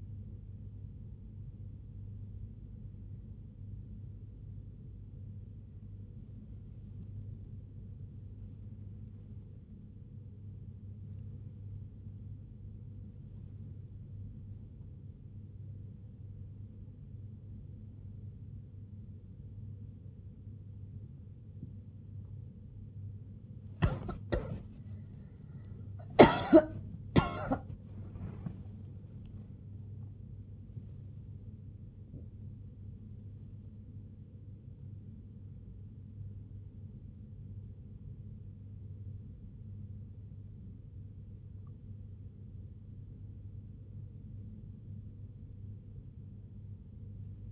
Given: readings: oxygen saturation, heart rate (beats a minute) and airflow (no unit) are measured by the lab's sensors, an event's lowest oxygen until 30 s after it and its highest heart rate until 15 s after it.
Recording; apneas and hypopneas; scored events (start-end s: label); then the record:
breathing in sleep by a smartphone at the bedside; none
29.00-47.52 s: new sleep stage, awake
34.00-47.52 s: awake
From the record:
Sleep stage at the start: N1 (lightest sleep); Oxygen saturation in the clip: 96 to 98%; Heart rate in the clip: 56 to 94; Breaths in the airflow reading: 15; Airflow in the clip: -5.0 to 6.2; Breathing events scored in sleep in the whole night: 51 in 8.9 hours asleep